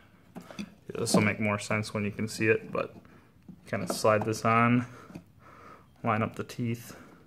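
A wiring plug or bulb socket is slid onto a projector headlight housing and its teeth are lined up, ready to be turned until it locks. Someone talks throughout, with one brief sharp tap at about 0.6 s. Nothing has seated or clicked yet.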